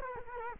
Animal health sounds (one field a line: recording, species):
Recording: mosquito wingbeat signal from an infrared sensor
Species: Culex quinquefasciatus